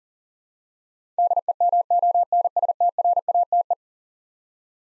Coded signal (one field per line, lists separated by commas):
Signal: Morse code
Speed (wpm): 38 wpm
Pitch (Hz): 700 Hz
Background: none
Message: DEMONSTRATE